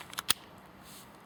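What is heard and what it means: After a CO2 cartridge change, a CO2 gas magazine is loaded into the grip of a WinGun US Combat Special M1911 airsoft pistol. Two faint clicks at about 0.1 and 0.2 s lead into a loud, sharp snap at 0.3 s, followed by quiet. The magazine seats at 0.3 s and the pistol is ready to fire.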